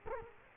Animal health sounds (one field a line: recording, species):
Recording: mosquito wingbeat signal from an infrared sensor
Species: Culex quinquefasciatus